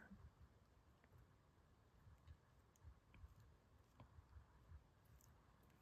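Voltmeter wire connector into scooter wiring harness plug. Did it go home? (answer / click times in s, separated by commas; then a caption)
no / none. Someone pushes a voltmeter's wire connector into the matching plug on a 48v scooter's wiring harness, producing faint scattered plastic taps and handling noise over a low hum, with one brief sharp tick near 3.2 seconds. The connector does not click into place, so nothing has seated or clicked yet.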